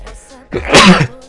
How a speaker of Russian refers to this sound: Вот видите, даже чихнул в подтверждение своих же слов.